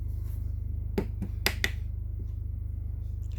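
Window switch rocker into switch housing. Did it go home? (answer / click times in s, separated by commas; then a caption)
yes / 1.5 s, 1.6 s. A restored plastic window switch rocker is pressed into the switch body of a W123 window switch, with a steady low hum in the background. Two softer taps at about 1.0 and 1.2 seconds lead into two sharp snaps at 1.5 and 1.7 seconds. The rocker snaps into place and seats solidly.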